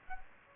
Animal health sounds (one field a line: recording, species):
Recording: mosquito wingbeat signal from an infrared sensor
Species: Aedes aegypti